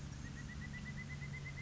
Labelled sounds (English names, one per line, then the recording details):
Pileated Woodpecker
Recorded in Sonoma County, California